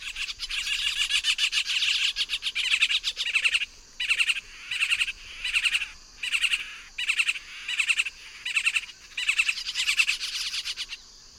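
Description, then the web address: Yellow-tufted woodpeckers giving group calls: harsh, rattling bursts overlapping in a lively chorus, repeated in quick succession, with a steady high hum running underneath. Group calls of several birds, recorded in the eastern lowlands of South America. "Natures Songs S America Eastern Lowlands. Melanerpes cruentatus, group calls"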